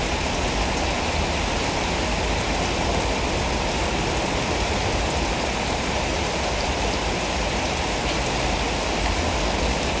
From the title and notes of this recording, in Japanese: 雨音。公園の朝散歩で聴こえてくる自然音。